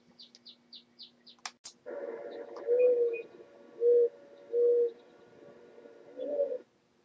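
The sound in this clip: Owl hooting, four mid-pitched tonal hoots, preceded by brief high chirps and a click, over a background hum.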